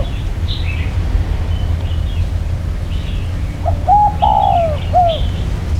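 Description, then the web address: Dove cooing late, a few short hollow notes then a longer falling coo, with faint high chirps of other birds and a steady low rumble. "birdcall Sdove"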